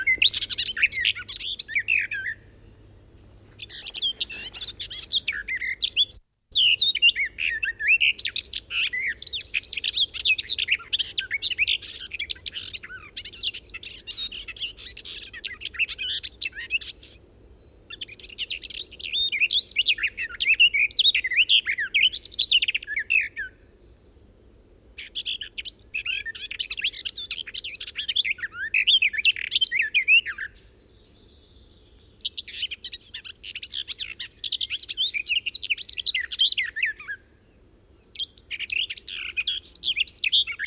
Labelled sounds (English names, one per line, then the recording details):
Garden Warbler song
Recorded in the wild
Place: Eberswalde, Brandenburg, DE
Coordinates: 52.837, 13.788
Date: 1972-06-08
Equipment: Nagra III BH, Sennheiser MD 21, parabola
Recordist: Schubert, Michael